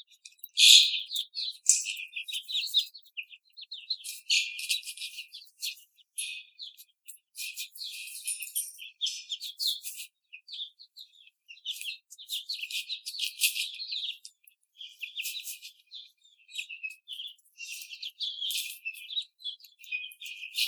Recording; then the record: young laying hens in a cage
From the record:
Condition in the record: after the stressor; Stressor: simulated dog barking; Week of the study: 4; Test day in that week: 2